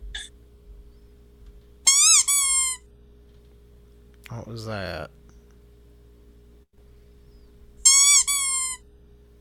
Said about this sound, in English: It's a squeaky toy.